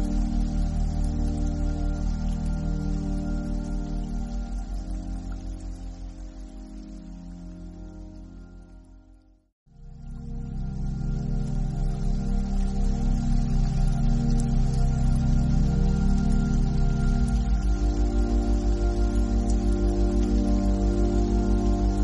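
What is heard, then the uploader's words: A beta binaural frequency piece built from steady low droning tones, with a faint thin high tone held throughout. The low drone swells and slowly shifts, fades to silence just before the ten-second mark, then returns and builds fuller toward the end. Focus Meditation with Beta Binaural Frequency.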